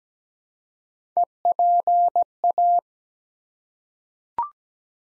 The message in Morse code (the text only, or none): EPA